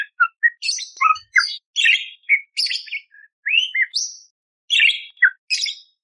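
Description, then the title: Budgerigar song, a rapid chatter of chirps, squeaky notes and short whistled rising slurs, broken by brief pauses. Budgerigar song, clear, with rough bursts, used as masteran training for magpie-robins (kacer). "Masteran Burung Parkit Gacor Jernih Isian Tembakan Kasar Cocok Buat Kacer"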